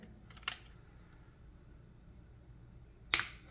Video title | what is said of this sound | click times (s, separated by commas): How to replace battery in key fob keyfob keyless remote Toyota Corolla Matrix 2009 2010 2011 2012 | other side of the key back in place you just push it together and it'll click in place when it's right | 3.1 s